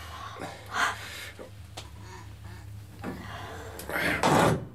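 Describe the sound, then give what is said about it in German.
A jammed metal hatch latch is forced open: sharp clicks and clunks, scraping bursts and strained breaths, ending in a louder, longer grinding rattle. “Versuch mal, ob du die Luke aufkriegst auf.”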